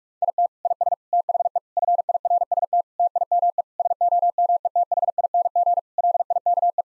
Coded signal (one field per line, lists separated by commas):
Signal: Morse code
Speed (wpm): 41 wpm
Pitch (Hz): 700 Hz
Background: none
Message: IT IS THE FIRST TIME SOMETHING LIKE